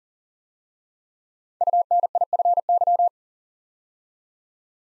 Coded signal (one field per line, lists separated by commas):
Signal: Morse code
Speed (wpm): 42 wpm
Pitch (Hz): 700 Hz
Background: none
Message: UNIFY